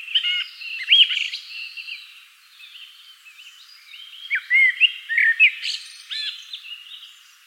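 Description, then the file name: Common blackbird song: fluty whistled notes and chuckling twitters come in two loose bursts. "Turdus merula"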